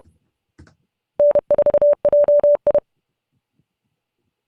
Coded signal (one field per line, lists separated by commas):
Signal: Morse code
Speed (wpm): 30 wpm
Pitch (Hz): 620 Hz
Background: none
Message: N4JI